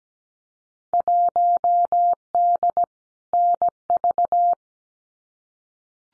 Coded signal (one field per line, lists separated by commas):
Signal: Morse code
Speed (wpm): 17 wpm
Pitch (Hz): 700 Hz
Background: none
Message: 1D NV